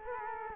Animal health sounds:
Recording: mosquito wingbeat signal from an infrared sensor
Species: Culex quinquefasciatus

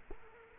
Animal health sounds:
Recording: mosquito wingbeat signal from an infrared sensor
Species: Culex quinquefasciatus

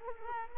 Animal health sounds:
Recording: mosquito wingbeat signal from an infrared sensor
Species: Culex quinquefasciatus

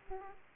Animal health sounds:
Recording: mosquito wingbeat signal from an infrared sensor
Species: Aedes aegypti

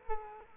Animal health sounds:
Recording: mosquito wingbeat signal from an infrared sensor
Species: Culex quinquefasciatus

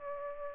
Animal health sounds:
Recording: mosquito wingbeat signal from an infrared sensor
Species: Aedes aegypti

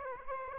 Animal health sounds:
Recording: mosquito wingbeat signal from an infrared sensor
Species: Aedes aegypti

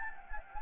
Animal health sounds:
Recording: mosquito wingbeat signal from an infrared sensor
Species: Anopheles gambiae

